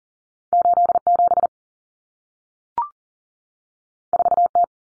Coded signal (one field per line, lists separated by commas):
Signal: Morse code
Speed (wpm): 40 wpm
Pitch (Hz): 700 Hz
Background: none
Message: 87 4T